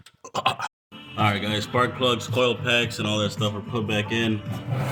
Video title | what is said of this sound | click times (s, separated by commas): **RE-UPLOAD** 2010 Chevy Tahoe DOD Repair and Melling 10296 Oil Pump Upgrade #chevy #dod | All right, last bolt. Listen for that click. | 0.5 s